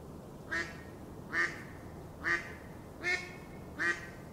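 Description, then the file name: Mallard quacks: five nasal, buzzy calls at slightly uneven intervals of under a second. "mallard duck sound"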